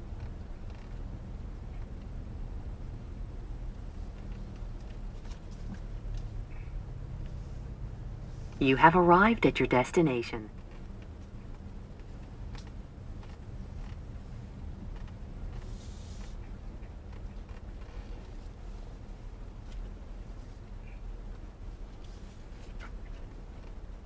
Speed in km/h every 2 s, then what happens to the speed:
13, 10, 6, 10, 16, 16, 15, 13, 11, 10, 8, 10.
0-5 steady at about 10. 5-7 speeds up to 16. 10-24 slows to 10.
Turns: 2-4, 7-15.